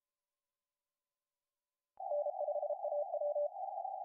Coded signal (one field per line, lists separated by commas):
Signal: Morse code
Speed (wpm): 33 wpm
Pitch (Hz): 590 Hz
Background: none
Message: N5AW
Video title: 1ST TIME RUNNING IN CWT